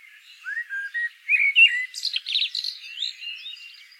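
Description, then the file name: Common blackbird song with a rising fluty whistle, a brief pause, then a rush of high, scratchy twittering trailing off into softer notes. "Turdus merula"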